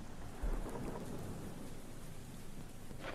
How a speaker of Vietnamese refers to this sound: Trời mưa tầm tã